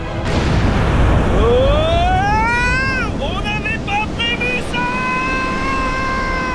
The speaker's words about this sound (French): L'explosion a provoqué un énorme raz-de-marée. La mer, pourtant à des centaines de mètres plus loin, s'engouffre tout à coup dans la grotte en entraînant le radeau avec elle. L'eau monte et devient bouillante.